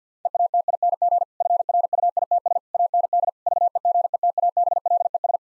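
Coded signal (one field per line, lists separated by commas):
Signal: Morse code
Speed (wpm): 50 wpm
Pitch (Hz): 700 Hz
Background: none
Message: EATING FRUITS AND VEGETABLES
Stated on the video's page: Morse code practice with difficult sentences at 50 wpm, each given a context hint before sending.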